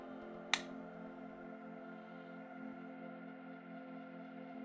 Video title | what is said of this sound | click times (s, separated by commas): ✅ How to Setup TP-Link EC220-G5 | each cable should be inserted until it clicks | 0.5 s